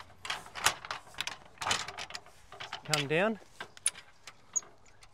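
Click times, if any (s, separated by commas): 3.9 s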